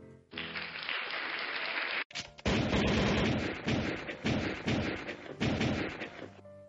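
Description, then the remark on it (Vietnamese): Several gunshots fired from a gun into a room, a loud sharp crack followed by a ragged series of heavy, booming shots over a dense wash of noise, with no voices. “Lạc Hương mặt không cảm xúc, giơ súng lên, quay về phía bên trong gian phòng, bắn ra mấy cái phát súng.”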